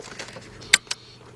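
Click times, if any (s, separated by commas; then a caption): 0.7 s. During a 2006–2011 BMW 3, 5, 7 or X Series starter reinstallation, a push-on engine bay fitting is lined up and pushed onto its mating connection. A sharp click at 0.7 s shows it has snapped into place and is seated, followed by a softer click at 0.9 s over quiet background noise.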